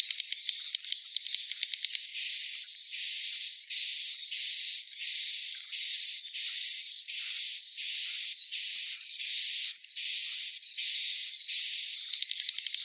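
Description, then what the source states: Swiftlet chirping calls in buzzy high bursts, repeated many times in quick succession, with a steady thin whistle tone running through most bursts. Call used for swiftlet farming in Asia.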